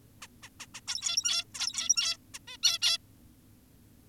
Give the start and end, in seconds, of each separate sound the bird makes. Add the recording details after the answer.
0.22-0.27, 0.43-0.49, 0.60-0.66, 0.74-0.81, 0.88-1.44, 1.55-2.17, 2.34-2.39, 2.48-2.57, 2.63-2.79, 2.82-2.98. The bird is an adult. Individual g17y2U